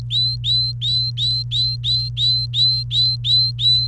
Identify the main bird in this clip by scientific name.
Serinus canaria